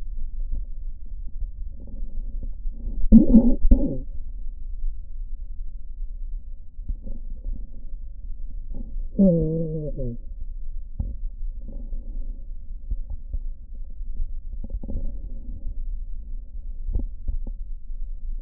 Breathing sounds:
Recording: lung sounds by stethoscope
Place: left posterior basal chest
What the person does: quiet breathing, then cough and speech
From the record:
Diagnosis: COPD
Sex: male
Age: 65 years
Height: 162 cm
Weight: 67.8 kg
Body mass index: 25.8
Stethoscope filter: diaphragm mode

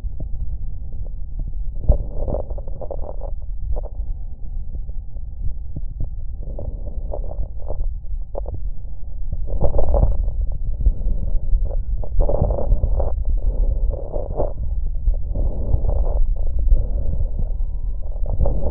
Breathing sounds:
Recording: lung sounds by stethoscope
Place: right anterior apical chest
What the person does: quiet breathing, then deep breathing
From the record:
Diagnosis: COPD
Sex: male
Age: 85 years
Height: 183 cm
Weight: 88 kg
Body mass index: 26.3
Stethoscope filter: extended mode

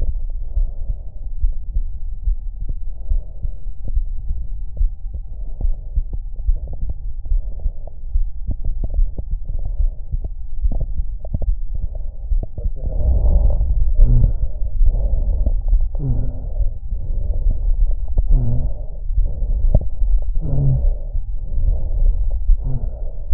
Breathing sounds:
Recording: lung sounds by stethoscope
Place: right anterior apical chest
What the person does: quiet breathing, then deep breathing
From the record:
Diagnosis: interstitial lung disease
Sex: female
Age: 72 years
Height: 153 cm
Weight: 71 kg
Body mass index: 30.3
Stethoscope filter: extended mode

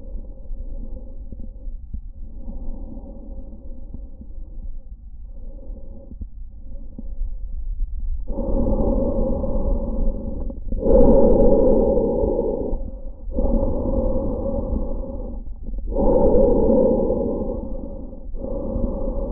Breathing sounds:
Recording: lung sounds by stethoscope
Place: trachea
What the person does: quiet breathing, then deep breathing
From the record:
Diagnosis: COPD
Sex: male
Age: 77 years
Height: 172 cm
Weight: 94 kg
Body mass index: 31.8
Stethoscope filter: diaphragm mode

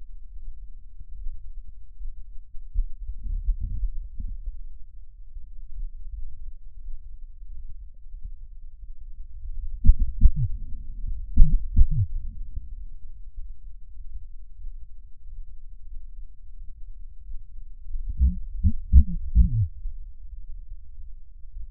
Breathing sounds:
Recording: lung sounds by stethoscope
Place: right posterior basal chest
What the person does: quiet breathing, then cough and speech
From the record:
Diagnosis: none (healthy)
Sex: male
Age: 30 years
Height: 190 cm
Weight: 88 kg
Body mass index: 24.4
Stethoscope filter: bell mode

